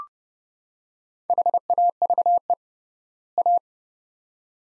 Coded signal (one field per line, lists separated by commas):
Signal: Morse code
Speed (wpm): 31 wpm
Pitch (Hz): 700 Hz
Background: none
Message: HAVE A